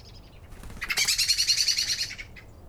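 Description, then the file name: Eurasian blackbird making a loud, rapid chattering rattle of harsh notes, about ten per second for over a second, then a few softer trailing notes. "Turdus merula"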